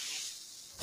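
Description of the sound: Mechanical ventilator sound from a home mechanical ventilator: a steady, high-pitched airy hiss, softening slightly partway through, with a brief louder burst at the very end.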